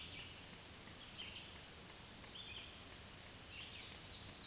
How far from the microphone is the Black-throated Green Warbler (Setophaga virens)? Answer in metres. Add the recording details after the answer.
about 20 m. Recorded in a Pennsylvania forest on 1 June 2023 at 07:01. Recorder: AudioMoth, point grid3_34_high. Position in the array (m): 220 m, 141 m